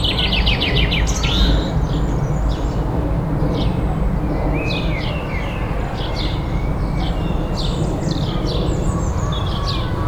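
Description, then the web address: Birds singing and chirping, with a fast rattling trill at the start and then many short high chirps and whistles throughout, over a steady low traffic rumble. Birdsong in a city garden. "soundlibrary Animals Birds City Garden Birdsong"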